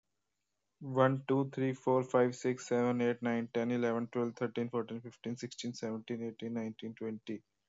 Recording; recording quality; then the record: counting at a fast pace; excellent, no background noise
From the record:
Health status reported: healthy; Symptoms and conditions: none ticked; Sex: male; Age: 24 years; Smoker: not ticked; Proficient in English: yes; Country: India